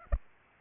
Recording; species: mosquito wingbeat signal from an infrared sensor; Aedes aegypti